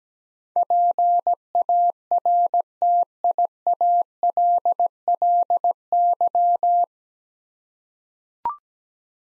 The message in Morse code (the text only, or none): PARTIALLY